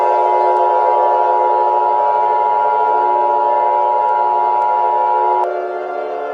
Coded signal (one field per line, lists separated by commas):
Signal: Emergency Alert System (SAME) tones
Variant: 853 and 960 Hz attention tone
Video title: EAS scenario the underlight virus *reuplouded*